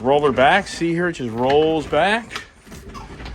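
The factory roll-up tonneau cover on a Ford F-250 Super Duty is being rolled back toward the cab while someone talks, with faint handling and rolling noise under the voice. The roller has not yet been set into its pickup bed mounting, and nothing has seated or locked in yet.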